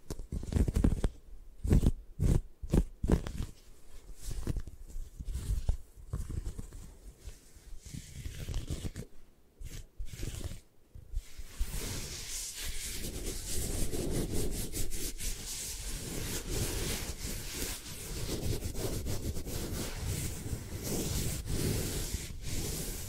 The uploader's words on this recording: ASMR Hypnotic Triggers for Sleep 3D Eye Massage, Tapping, Scratching (No Talking).